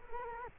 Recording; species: mosquito wingbeat signal from an infrared sensor; Culex quinquefasciatus